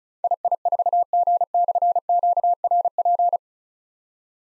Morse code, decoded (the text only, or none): II4G/QRP